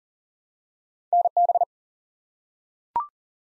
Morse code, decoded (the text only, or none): NB